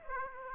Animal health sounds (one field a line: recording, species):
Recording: mosquito wingbeat signal from an infrared sensor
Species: Aedes aegypti